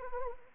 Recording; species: mosquito wingbeat signal from an infrared sensor; Anopheles arabiensis